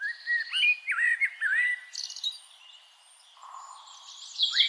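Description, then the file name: Eurasian blackbird song: mellow fluted warbles twisting up and down at mid pitch, followed by high squeaky notes. "Turdus merula"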